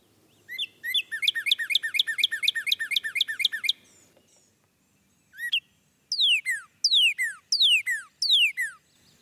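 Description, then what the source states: Northern cardinal singing, a fast run of repeated chipping whistles, then a series of loud clear down-slurred whistles repeated about twice a second. Bird that may be heard in these woods and may sound familiar from home or a local park.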